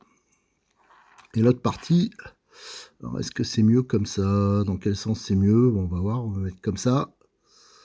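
While assembling the driveshaft and hub carrier of a Tamiya Mud Mad 1/24 Comical Series plastic RC kit, the other half of the plastic part is positioned for the car's knuckle assembly while someone talks. Nothing has seated or clicked yet; the part is not yet home.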